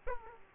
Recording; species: mosquito wingbeat signal from an infrared sensor; Aedes aegypti